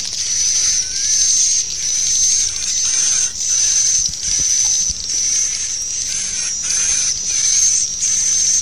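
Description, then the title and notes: Swiftlet calls, a shrill chatter rising and falling in bursts about once a second over a thin constant tone. Swiftlet sound used for swiftlet farming in Asia. "Swiflet Bird Sound. Farming Swiflet Bird asia sound"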